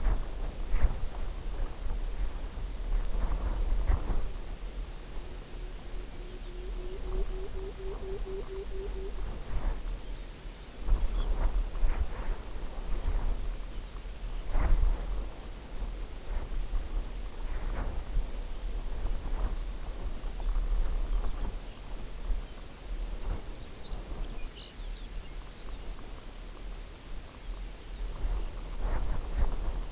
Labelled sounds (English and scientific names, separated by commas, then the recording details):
Pectoral Sandpiper (Calidris melanotos), unidentified sound, Lapland Longspur (Calcarius lapponicus)
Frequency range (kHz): Lapland Longspur (Calcarius lapponicus) 1.8-6.2 kHz
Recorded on Arctic tundra, site UTQI-0, on 14 June 2019
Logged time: 02:00